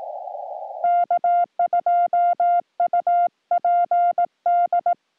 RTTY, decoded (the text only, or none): none